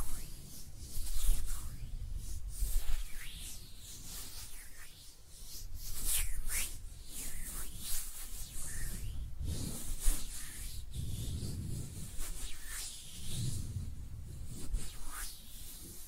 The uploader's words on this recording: ASMR Relaxing Hand Sounds (No Talking).